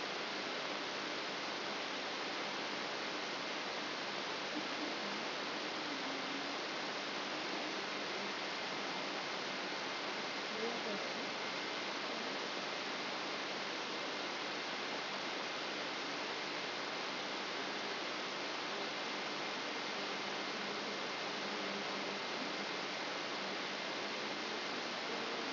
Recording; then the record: brain microelectrode recording played as sound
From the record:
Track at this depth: inside the subthalamic nucleus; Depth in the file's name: 5.301 mm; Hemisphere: left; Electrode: 3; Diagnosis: Parkinson's disease